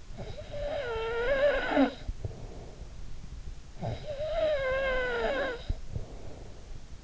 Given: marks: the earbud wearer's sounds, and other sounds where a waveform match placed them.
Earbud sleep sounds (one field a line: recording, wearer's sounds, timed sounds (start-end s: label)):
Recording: sounds in sleep by an in-ear microphone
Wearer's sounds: snoring breath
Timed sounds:
0.01-3.30 s: snoring breath
3.47-7.04 s: snoring breath